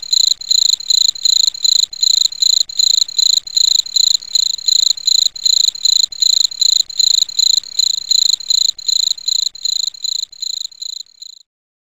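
Cricket chirping steadily, a shrill pulsed note repeated rapidly throughout, fading out near the end.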